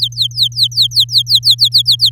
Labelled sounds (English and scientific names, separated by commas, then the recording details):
Domestic Canary (Serinus canaria) song
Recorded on 8 May 2018 at 06:14
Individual llb16